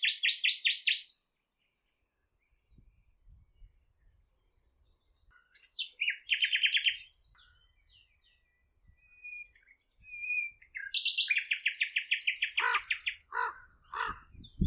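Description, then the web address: Bird song in several bursts of rapid repeated notes and chirps, separated by quieter pauses. "Bird Only"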